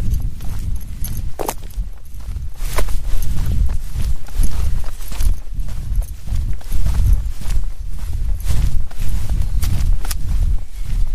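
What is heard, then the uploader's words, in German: Footsteps on a walk through the woods, steady crunching and thudding on the forest floor at a regular walking pace. A heavy low rumble runs underneath throughout, and a few sharper snaps or clicks stand out near the start and again near the end. Abends mit dem Hund im Wald. Aufnahme eines Spaziergangs im Wald.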